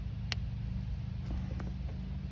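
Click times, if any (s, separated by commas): 0.3 s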